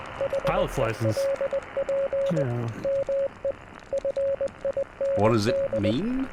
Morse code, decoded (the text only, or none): HELP ME FIND